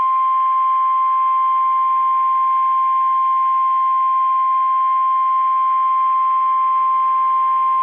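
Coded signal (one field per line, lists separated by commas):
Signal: Emergency Alert System (SAME) tones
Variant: 1050 Hz attention tone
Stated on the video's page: Valid EAS tones from a real Severe Thunderstorm Warning broadcast.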